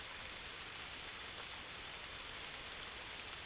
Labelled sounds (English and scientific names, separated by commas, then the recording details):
none
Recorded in dense forest near Puerto Asís, Putumayo, Colombia, on 9 March 2025 at 14:00
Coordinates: 0.503, -76.323
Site GP09